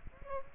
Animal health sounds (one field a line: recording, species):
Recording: mosquito wingbeat signal from an infrared sensor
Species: Aedes aegypti